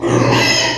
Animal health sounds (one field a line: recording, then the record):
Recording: squeal of a Yucatan mini pig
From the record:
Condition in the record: before surgery on the right vocal fold (resection and tissue-engineered implant)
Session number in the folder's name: 2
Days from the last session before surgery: 0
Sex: male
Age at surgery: 12 weeks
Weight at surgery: 13 kg